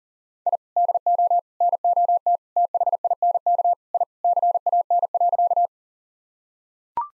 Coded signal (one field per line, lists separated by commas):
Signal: Morse code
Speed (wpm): 40 wpm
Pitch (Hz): 700 Hz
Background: none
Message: I DO NOT THINK I CAN.